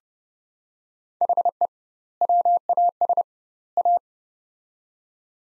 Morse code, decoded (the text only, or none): HE WAS A